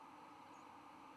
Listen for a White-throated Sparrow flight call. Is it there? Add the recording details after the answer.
no. Another species' flight call is heard. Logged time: 10:42 on 10 November 2014